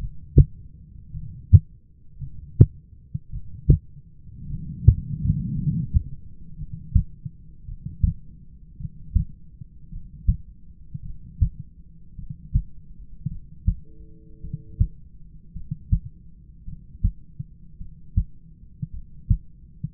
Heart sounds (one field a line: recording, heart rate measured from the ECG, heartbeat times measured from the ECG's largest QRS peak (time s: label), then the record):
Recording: heart sounds by stethoscope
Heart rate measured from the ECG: 54 bpm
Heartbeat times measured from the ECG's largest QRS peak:
1.13 s: heartbeat
2.20 s: heartbeat
3.32 s: heartbeat
4.49 s: heartbeat
5.54 s: heartbeat
6.57 s: heartbeat
7.67 s: heartbeat
8.79 s: heartbeat
9.91 s: heartbeat
11.03 s: heartbeat
12.16 s: heartbeat
13.29 s: heartbeat
14.42 s: heartbeat
15.53 s: heartbeat
16.65 s: heartbeat
17.78 s: heartbeat
18.91 s: heartbeat
From the record:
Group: heart failure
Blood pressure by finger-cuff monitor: 97/61 mmHg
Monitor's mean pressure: 72 mmHg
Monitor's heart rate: 54 bpm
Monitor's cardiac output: 5.7 L/min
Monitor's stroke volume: 105 mL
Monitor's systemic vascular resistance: 890 dyn s/cm5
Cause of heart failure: dilated cardiomyopathy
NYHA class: 2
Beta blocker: bisoprolol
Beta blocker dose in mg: 10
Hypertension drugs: sacubitril-valsartan, spironolactone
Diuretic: furosemide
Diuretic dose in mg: 40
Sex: male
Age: 29 years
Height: 174 cm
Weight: 92 kg